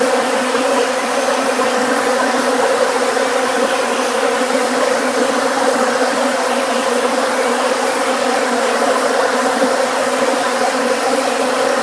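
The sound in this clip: Bees buzzing in a dense, continuous drone of many insects, steady in pitch and loudness without pause.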